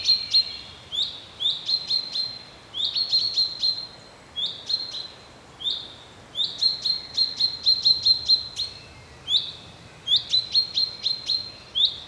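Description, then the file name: Common chaffinch calling with bright, abrupt high notes, often bunched into quick runs of three or four, then pausing briefly before starting again. "Fringilla coelebs"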